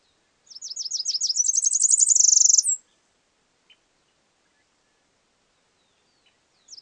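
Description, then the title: Tropical parula song: a high, buzzy trill of rapid chevron notes rising in pitch and speeding up into a dense buzz, ending with a single sharp upslurred note. "LuckyPassaro Completos2Sama. Tropical Parula (Setophaga pitiayumi)"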